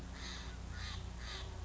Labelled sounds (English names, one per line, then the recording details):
Steller's Jay
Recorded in Sonoma County, California